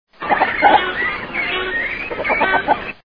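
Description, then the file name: Great cormorant call: a rapid run of guttural, clucking croaks and grunts lasting about three seconds, with rough, throaty bursts. "canto Cormoran Grande"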